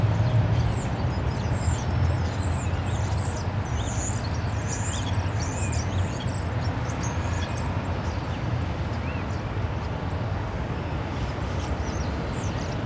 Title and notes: Porte de Ninove, Molenbeek-Saint-Jean, Bruxelles-Capitale, Belgique - Starlings in plane trees. étourneaux dans des platanes